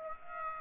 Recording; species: mosquito wingbeat signal from an infrared sensor; Aedes aegypti